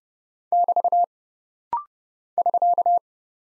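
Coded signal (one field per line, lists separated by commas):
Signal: Morse code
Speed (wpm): 30 wpm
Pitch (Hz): 700 Hz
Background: none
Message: <BT> <SK>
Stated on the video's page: Rapid-fire 30 wpm practice drill of punctuation and prosign characters for head-copy, each sent, spoken, then sent again.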